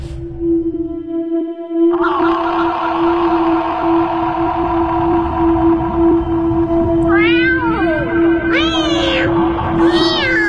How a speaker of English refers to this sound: Thrice the winded cat hath mewed, thrice and once the hedge pig whined.